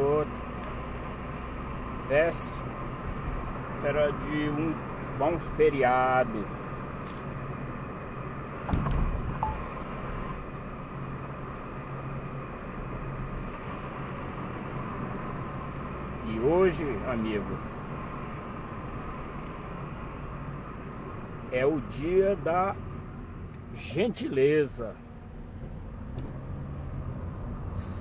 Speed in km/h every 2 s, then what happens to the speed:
49, 51, 52, 53, 52, 52, 52, 48, 44, 39, 31, 14, 15, 23.
0-12 steady at about 52. 12-22 brakes to 14. 24-28 speeds up to 23.